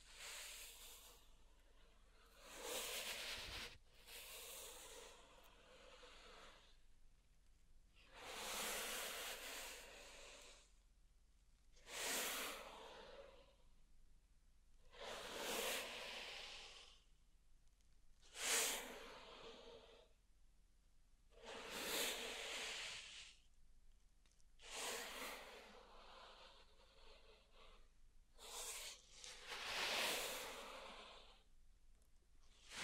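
Pink salt zen garden sounds come as repeated grainy, hissing swishes, each lasting one to two seconds and recurring every few seconds. Short quiet pauses separate the strokes, and a few tiny ticks and a faint low hum sit underneath.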